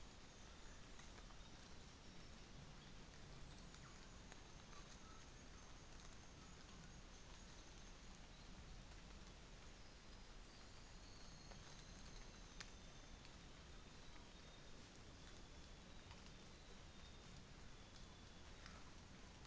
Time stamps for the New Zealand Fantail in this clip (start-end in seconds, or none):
3.36-8.36, 10.38-13.45